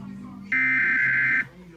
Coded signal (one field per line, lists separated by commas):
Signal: Emergency Alert System (SAME) tones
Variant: header bursts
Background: speech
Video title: Los Angeles Required Monthly Test EAS #486 493 8 31 21